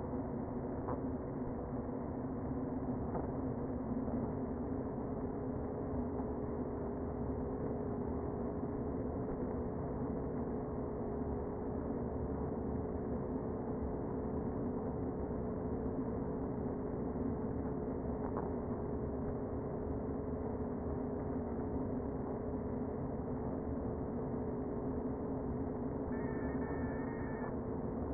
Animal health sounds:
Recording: honeybee colony, microphone inside the hive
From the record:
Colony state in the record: queen present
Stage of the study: before two queens were removed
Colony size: about 60,000 bees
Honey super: yes

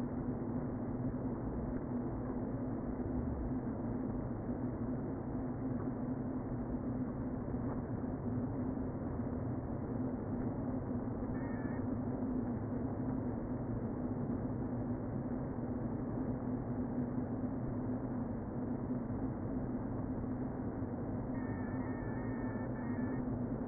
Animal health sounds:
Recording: honeybee colony, microphone inside the hive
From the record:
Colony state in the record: queen present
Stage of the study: before two queens were removed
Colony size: about 60,000 bees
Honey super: yes

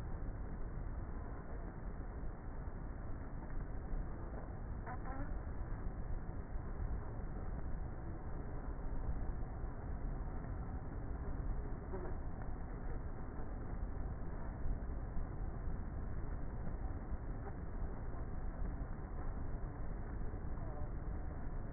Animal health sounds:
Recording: honeybee colony, microphone inside the hive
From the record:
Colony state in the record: queenless with a low population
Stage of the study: before two queens were removed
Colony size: about 30,000 bees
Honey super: no

